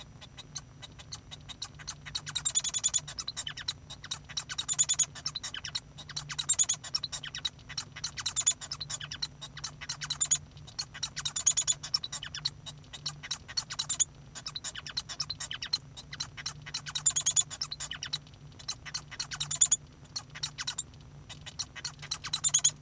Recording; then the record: song of a male Bengalese finch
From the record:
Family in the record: son of father 1